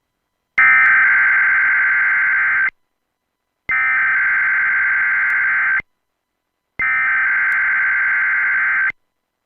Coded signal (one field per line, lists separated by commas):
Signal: Emergency Alert System (SAME) tones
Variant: header bursts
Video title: More Rare Relays! - "Central" Illinois EAS Required Monthly Tests (WILL-AM [2003-2005 + 2001 Bonus])